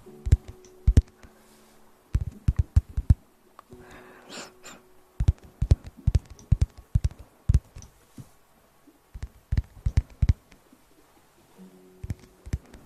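Wet mouth clicks and smacks come in irregular bursts close to the mouth, with a brief breathy hiss near four seconds and a low hum.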